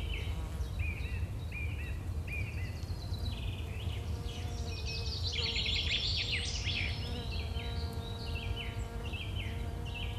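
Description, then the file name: Several birds chirping with short, sharp notes repeated throughout, many overlapping calls in the middle, over a steady low rumble and faint hum. Birds chirping in a field with a farm nearby. "Birds Chirping on Field with farm nearby"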